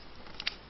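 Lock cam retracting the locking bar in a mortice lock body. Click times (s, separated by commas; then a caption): 0.4 s, 0.5 s. A Lockwood 3572 mortice lock has its cam turned back in the lock body, retracting the metal locking bar to unlock it. Two short, bright clicks are heard at 0.4 and 0.47 seconds, the second louder, over a quiet background. The lock is released to unlocked.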